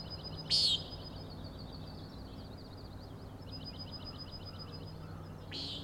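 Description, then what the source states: Common nighthawk gives a loud nasal peent near the start and a softer one at the end, about five seconds apart, with a wavering high trill between them and a low hum. Three nighthawks (later one) peenting while flying in very close formation; Overlook, Schoodic Head, Acadia National Park, Winter Harbor, Maine; 16 June 2017, 4am.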